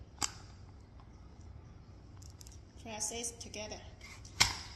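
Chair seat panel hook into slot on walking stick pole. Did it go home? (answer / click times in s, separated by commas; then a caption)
yes / 4.4 s. The hook on a walking stick chair's folding seat panel is pressed into the slot on the pole, with a sharp click near 0.2 s, faint ticks, and someone talking in between. A loud, crisp click at 4.4 s marks the hook seating, and the seat panel is locked onto the pole.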